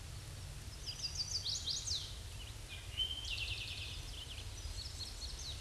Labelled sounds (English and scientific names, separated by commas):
Chestnut-sided Warbler (Setophaga pensylvanica) song